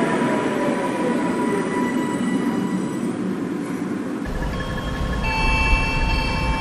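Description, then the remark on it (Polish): A Lajkonik tram in Kraków rumbles and hums steadily as it moves off on its last trip of the day to the depot, steel wheels grinding on rails, with high tonal whines and a deeper motor drone rising after a few seconds. “To jest ostatnia podróż tego tramwaju, który zjeżdża do zajezdni.”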